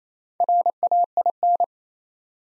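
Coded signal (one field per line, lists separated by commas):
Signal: Morse code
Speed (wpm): 29 wpm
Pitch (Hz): 700 Hz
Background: none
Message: RAIN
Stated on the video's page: Morse practice set of easy words at 28 wpm with contextual hints, a copying drill.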